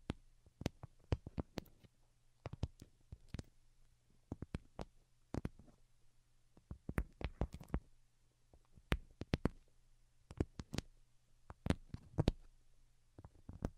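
Delicate tapping in light, irregular clusters of crisp clicks, some quick runs and some single taps, spread across the whole fourteen seconds with short quiet gaps between. A faint low steady hum sits underneath throughout.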